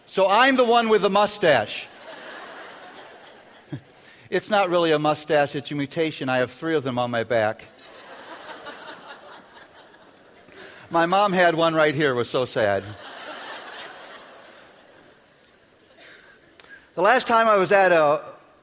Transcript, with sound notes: So I'm the one with the mustache. It's not really a mustache; it's a mutation. I have three of them on my back. (laughter) My mom had one right here. It was so sad. The last time I was at a